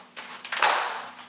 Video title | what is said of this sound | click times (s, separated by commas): Unboxing and Assembling the Prolux iFORCE Canister Vacuum | you'll hear it snap into place | 0.6 s